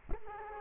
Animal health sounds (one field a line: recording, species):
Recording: mosquito wingbeat signal from an infrared sensor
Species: Culex quinquefasciatus